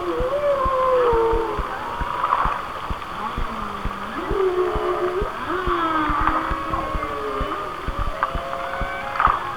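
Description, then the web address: Whale song of drawn-out tonal moans and sliding whistles, some rising and some falling, over a steady background of ticking clicks. "Whale Songs Whale Songs- Mike Mc Donald"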